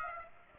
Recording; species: mosquito wingbeat signal from an infrared sensor; Aedes aegypti